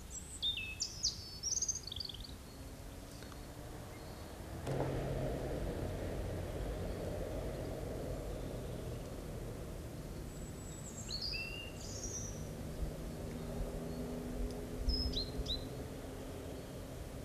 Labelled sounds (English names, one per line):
European Robin song